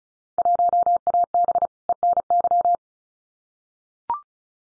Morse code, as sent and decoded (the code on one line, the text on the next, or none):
.---- .- -... / . -. -.--
1AB ENY